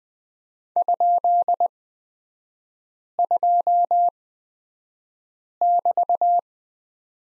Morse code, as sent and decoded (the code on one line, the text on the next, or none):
..--.. ..--- -...-
?2<BT>